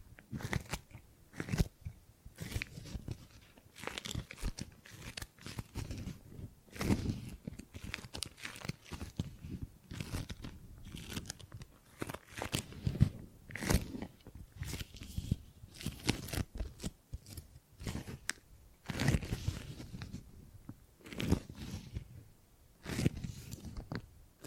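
Tingly gripping and grabbing sounds: dense, irregular crunchy scrapes and crinkles with sharp bright bursts every second or so, never settling.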